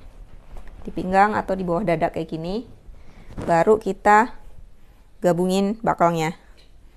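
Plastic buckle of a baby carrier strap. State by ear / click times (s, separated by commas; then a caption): not seated / none. Someone talks while the plastic waist or back buckle of a soft baby carrier strap is being pushed together behind the wearer, with faint handling sounds near 0.6 s. The buckle has not clicked shut or seated yet by the end of the clip.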